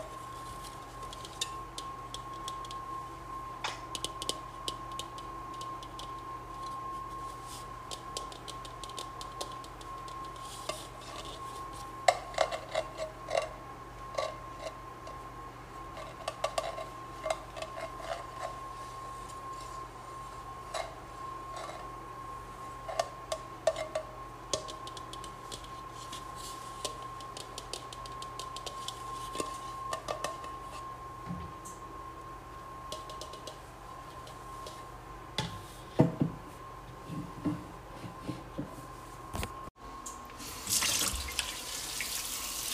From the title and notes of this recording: ASMR Washing and Drying Large Bowl.